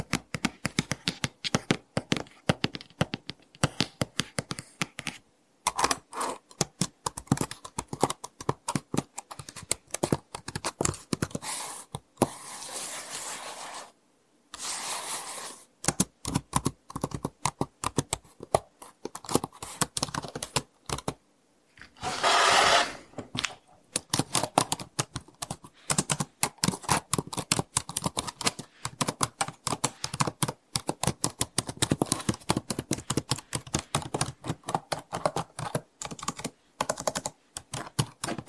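Typing on a mechanical keyboard, a dense run of sharp clicking keystrokes that goes on almost without break for the whole clip. The rhythm is fast and uneven, with brief pauses near 5, 14 and 21 seconds and a short smoother burst around 22 seconds.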